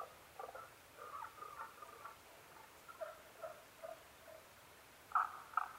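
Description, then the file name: Tago's brown frog with low chuckling croaks and drawn-out notes, followed by two sharper, louder calls at the end. Recorded 15 May 2011 at 02:19. "tagogaeru-20110515-0219"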